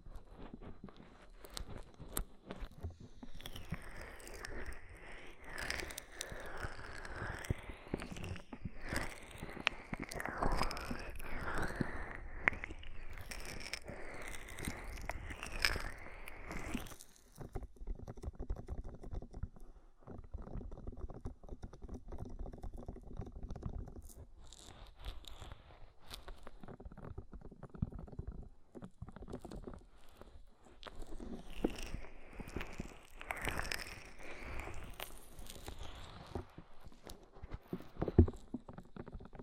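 Oil, foam and tingly ear massage: dense, crackling rubs and squishes fill the clip, with bright fizzing bursts of foam around 4–17 seconds and again near 32–37 seconds. Between them, softer, muffled rubbing continues with scattered small pops and taps.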